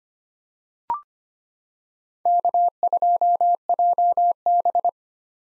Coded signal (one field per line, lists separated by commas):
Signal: Morse code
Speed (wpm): 25 wpm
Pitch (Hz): 700 Hz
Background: none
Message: K2JB